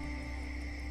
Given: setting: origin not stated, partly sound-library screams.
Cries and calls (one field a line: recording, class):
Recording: one-second piece from a danger detection set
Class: normal situation